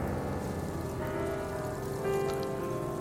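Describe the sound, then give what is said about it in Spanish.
A steady, dense patter of falling rain fills the whole stretch, with soft sustained piano notes ringing through it. No one speaks. “Pongamos que agua y piano.”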